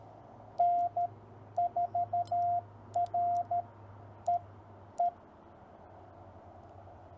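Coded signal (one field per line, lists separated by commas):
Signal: Morse code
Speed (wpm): 13 wpm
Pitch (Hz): 700 Hz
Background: none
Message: N4REE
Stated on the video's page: Call sign copy practice sent on a TR45L Skinny radio with a Bamatech TP III key, MC-750 vertical whip antenna with four radials, battery powered, in the field.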